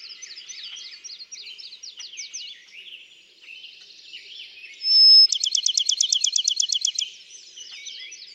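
Bachman's sparrow singing: one pure sustained whistle followed by a fast, evenly pulsed trill for roughly two seconds, with softer twittering birds before and after.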